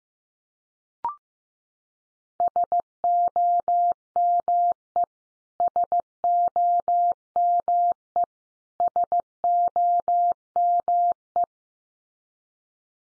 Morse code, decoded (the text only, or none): SOME SOME SOME